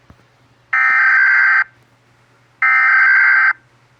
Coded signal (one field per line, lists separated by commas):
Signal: Emergency Alert System (SAME) tones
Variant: header bursts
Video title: eas alarm animados 4 (volvi:D)